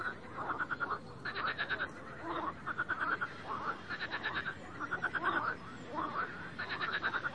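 Frogs calling: many short pulsed trills and chirps following one another almost without pause.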